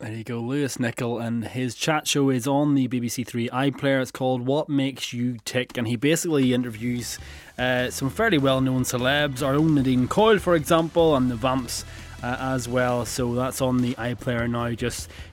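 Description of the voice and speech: An adult male radio presenter speaks fluently and briskly with clear articulation and steady voicing, promoting a chat show on the BBC Three iPlayer.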